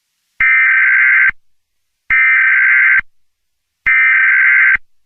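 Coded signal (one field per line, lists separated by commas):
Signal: Emergency Alert System (SAME) tones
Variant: header bursts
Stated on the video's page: Simulated EAS scenario, not a real alert.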